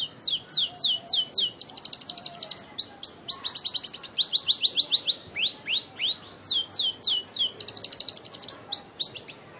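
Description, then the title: Scotch Fancy canary song: fast, loud trills of bright, downward-sweeping notes, shifting between quick rolling runs and slower swooping phrases, with no other clear sounds. Scotch Fancy canary singing actively in the 'cengkok mewah' song style, called 'gacor' by the source. "Cengkok Kenari Mewah. KENARI SCOTCH FANCY GACOR CENGKOK MEWAH"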